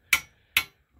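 A torque wrench on the propeller nut of an outboard prop shaft is clicked again at its 55 ft-lb setting. Two sharp, bright clicks ring out at 0.1 s and 0.6 s, each decaying quickly, with faint low rustling near the end. It confirms the nut is at the 55 ft-lb setting and should be tightened no more and no less.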